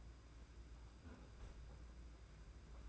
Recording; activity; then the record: daily activity, microphone in the room; close fridge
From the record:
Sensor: 2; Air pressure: 991.7 hPa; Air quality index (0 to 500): 222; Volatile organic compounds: 1000 ppm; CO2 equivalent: 7403 ppm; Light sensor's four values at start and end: 26/83/32/30 and 26/83/32/30